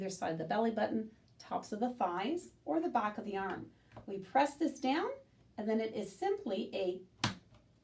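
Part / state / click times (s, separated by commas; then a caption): autoinjector pen trigger button firing the needle / released / 7.2 s. Someone talks while pressing a demo autoinjector pen against the skin, then presses its trigger button. A sharp click sounds at 7.2 seconds as the trigger fires and the needle drops.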